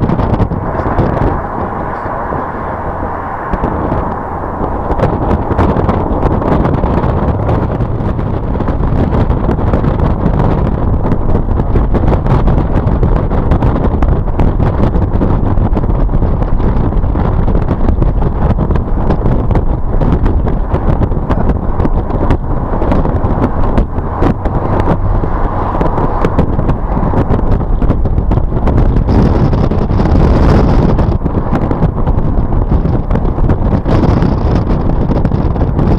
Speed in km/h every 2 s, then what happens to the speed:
69, 63, 63, 72, 76, 74, 71, 72, 76, 74, 68, 69, 69, 69, 71, 74, 72, 69.
4-8 speeds up to 76. 12-18 steady at about 72. 18-20 slows to 68. 20-32 steady at about 69.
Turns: 0-9, 20-28.